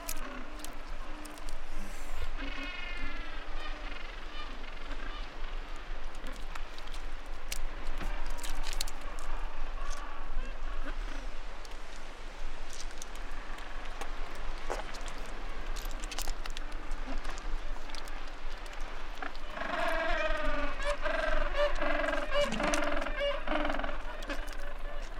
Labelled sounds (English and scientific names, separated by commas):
Gentoo Penguin (Pygoscelis papua) call